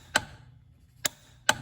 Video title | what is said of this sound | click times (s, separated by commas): Pontiac Montana front wheel bearing DIY | that click that's all she needs | 1.5 s